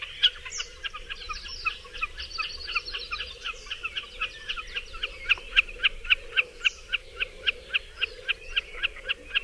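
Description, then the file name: Common snipe giving a steady series of sharp ticking notes, about three to four per second, continuing throughout, with a few other bird notes. "Kszyk"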